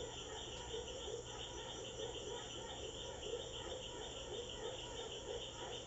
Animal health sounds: honeybee defence experiment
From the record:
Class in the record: control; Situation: empty test tube, no live specimens

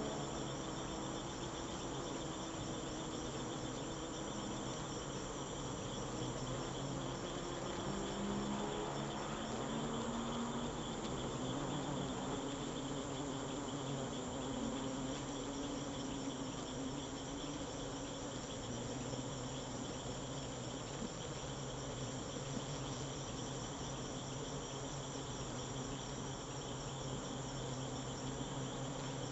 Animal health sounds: honeybee defence experiment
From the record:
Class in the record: alert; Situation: Africanized honeybees facing leafcutter ants (Atta)

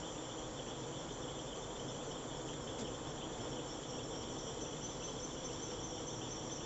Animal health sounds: honeybee defence experiment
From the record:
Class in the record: attack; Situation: Africanized honeybees under attack by Camponotus atriceps ants

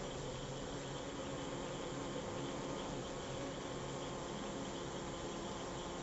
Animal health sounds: honeybee defence experiment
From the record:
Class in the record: control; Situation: empty test tube, no live specimens

